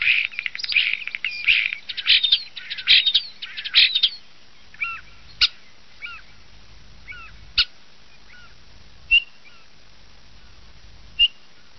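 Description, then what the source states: Common starling song: a burst of scratchy chattering and clicks, then sparse looping chirps and sharp single clicks spread over quieter seconds. Starling song used as a lure in Italian traditional bird-catching (uccellagione).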